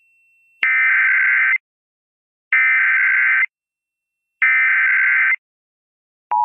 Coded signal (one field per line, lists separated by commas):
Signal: Emergency Alert System (SAME) tones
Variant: header bursts